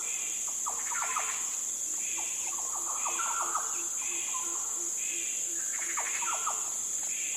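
Yellow oriole song, a busy run of clear fluty whistles and sharp slurred notes repeating in phrases, with soft lower ticking and a steady high-pitched drone throughout.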